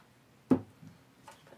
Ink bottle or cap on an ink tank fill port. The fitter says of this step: you'll hear it click